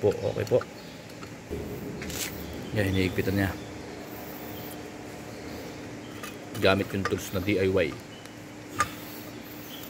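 A mechanical shaft seal is pressed and tightened into a water pump housing with a homemade DIY tool while someone talks. Short handling and tightening sounds are heard, with a sharp tap near 8.8 seconds. Nothing has seated yet.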